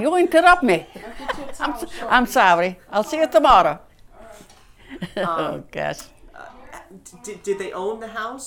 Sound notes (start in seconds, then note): 0.9 she laughs; 4.9 she laughs